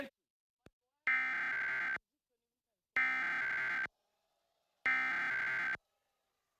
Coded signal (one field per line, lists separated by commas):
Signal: Emergency Alert System (SAME) tones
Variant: header bursts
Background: speech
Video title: EAS #654 - Required Monthly Test #28